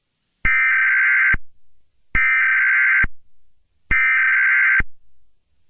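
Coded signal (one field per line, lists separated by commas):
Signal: Emergency Alert System (SAME) tones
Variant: header bursts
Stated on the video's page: Fictional EAS scenario, a simulated alert for entertainment.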